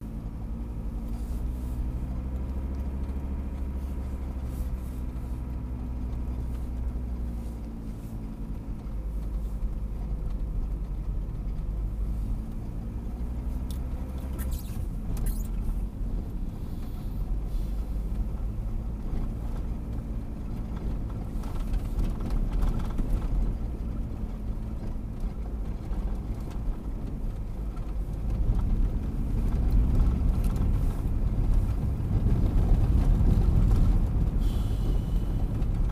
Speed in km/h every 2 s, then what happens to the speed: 19, 21, 20, 17, 17, 16, 20, 23, 26, 29, 28, 29, 27, 27, 31, 35, 36, 36.
0-10 steady at about 17. 10-17 speeds up to 29. 17-26 steady at about 28. 26-30 speeds up to 35. 30-36 steady at about 36.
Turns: none.